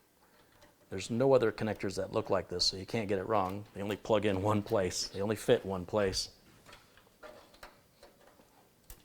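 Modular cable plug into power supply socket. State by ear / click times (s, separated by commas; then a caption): not seated / none. A modular power supply cable plug is being handled at the power supply socket, with someone talking for most of the clip. After the talk ends, a few faint short ticks and handling noises are heard. The plug has not clicked or seated yet.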